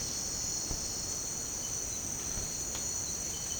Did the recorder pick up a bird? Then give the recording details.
no. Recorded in secondary vegetation near Puerto Asís, Putumayo, Colombia, on 24 March 2025 at 07:30. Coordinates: 0.485, -76.322. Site G040